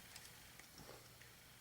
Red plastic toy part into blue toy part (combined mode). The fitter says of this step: Alright, that's not in properly.